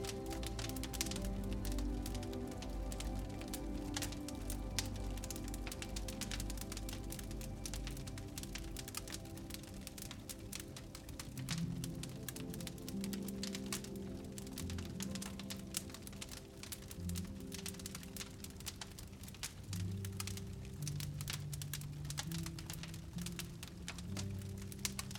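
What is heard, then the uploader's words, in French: A fire crackles steadily throughout, with dense, sharp pops scattered across the whole clip. Underneath, a soft, low melody of held notes plays, shifting to new notes around twelve and twenty seconds. The level stays even from start to finish. Le crepitement délicat du feu, associé à des mélodies douces.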